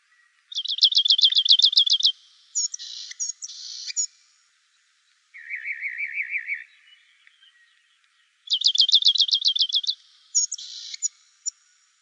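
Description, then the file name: Rock wren song: a loud high rapid trill followed by a few sharp notes, a lower rolling trill, then the high trill and sharp notes again. "ROWR 2 deviche"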